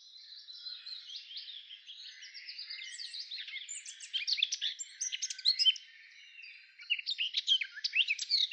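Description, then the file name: Eurasian blackcap giving a rapid, scratchy warble of varied high notes, growing louder and busier after the fourth second, with a brief lull before it resumes. "Sylvia atricapilla"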